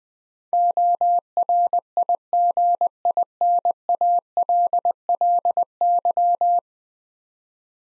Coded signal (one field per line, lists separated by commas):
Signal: Morse code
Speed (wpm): 20 wpm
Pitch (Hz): 700 Hz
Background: none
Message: ORIGINALLY